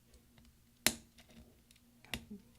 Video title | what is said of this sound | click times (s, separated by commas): LEFT ARROW key replacement 13" Macbook Pro 2.4 Ghz 1278 mid-2010 MC374 AC07 | now that's in place just take your finger and push down on it until it snaps a couple times or | 0.9 s, 2.1 s